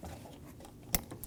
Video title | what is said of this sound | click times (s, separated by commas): How to Replace High Beam Bulbs 2019-2025 Ram 2500 | Push until you hear a click. | 0.9 s